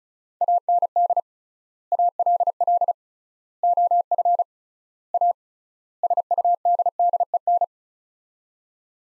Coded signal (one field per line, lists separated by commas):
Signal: Morse code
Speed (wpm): 36 wpm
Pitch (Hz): 700 Hz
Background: none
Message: AND ALL OF A SUDDEN